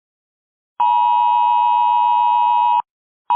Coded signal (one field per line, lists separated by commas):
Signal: Emergency Alert System (SAME) tones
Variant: 853 and 960 Hz attention tone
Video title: EAS Scenario - Long Valley Eruption Remastered